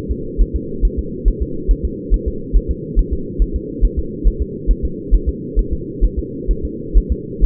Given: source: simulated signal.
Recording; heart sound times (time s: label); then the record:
fetal heart sounds
0.12 s: S2
0.41 s: S1
0.56 s: S2
0.85 s: S1
0.99 s: S2
1.28 s: S1
1.42 s: S2
1.71 s: S1
1.85 s: S2
2.14 s: S1
2.28 s: S2
2.56 s: S1
2.71 s: S2
2.99 s: S1
3.13 s: S2
3.42 s: S1
3.56 s: S2
3.84 s: S1
3.99 s: S2
4.27 s: S1
4.42 s: S2
4.71 s: S1
4.85 s: S2
5.14 s: S1
5.29 s: S2
5.59 s: S1
5.73 s: S2
6.04 s: S1
6.19 s: S2
6.51 s: S1
6.65 s: S2
6.97 s: S1
7.12 s: S2
7.44 s: S1
From the record:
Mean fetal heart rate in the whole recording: 135 bpm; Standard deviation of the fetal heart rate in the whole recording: 3 bpm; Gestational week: 36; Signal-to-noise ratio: -4.3 dB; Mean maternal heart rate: 72 bpm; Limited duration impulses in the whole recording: present